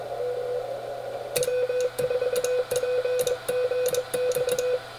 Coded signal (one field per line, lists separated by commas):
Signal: Morse code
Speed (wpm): 21 wpm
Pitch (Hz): 2500 Hz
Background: radio noise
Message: W4PGX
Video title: DX on a YAESU FT-100D, Mac ProBook, MacLoggerDx, Hy-Gain vert